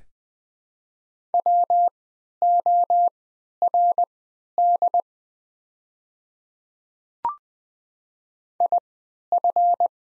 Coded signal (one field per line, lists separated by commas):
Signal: Morse code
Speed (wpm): 20 wpm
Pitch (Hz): 700 Hz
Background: none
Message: WORD IF